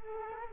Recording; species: mosquito wingbeat signal from an infrared sensor; Culex quinquefasciatus